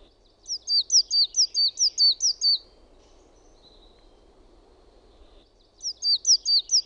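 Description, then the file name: Coal tit song: a strophe of high, repeated double notes lasting about two seconds, silence, then the same see-sawing phrase starting again. "KUUSITIAINEN"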